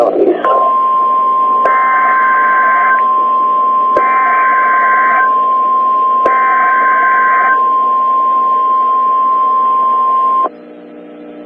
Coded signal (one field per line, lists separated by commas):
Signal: Emergency Alert System (SAME) tones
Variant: 1050 Hz attention tone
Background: speech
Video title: Severe Thunderstorm Warning (EAS #285)